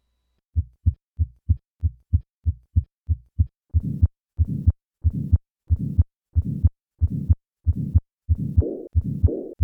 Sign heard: Acute aortic regurgitation at the left sternal border.